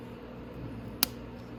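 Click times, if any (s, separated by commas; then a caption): 1.0 s. A flat screwdriver pushes the spring retaining clip of a drive chain master link forward onto the link pins on a Venom Grizzly & Madix 125cc ATV. A single sharp snap is heard at 1.0 s over a low steady background. The clip snaps into place and is seated correctly.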